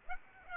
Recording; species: mosquito wingbeat signal from an infrared sensor; Aedes aegypti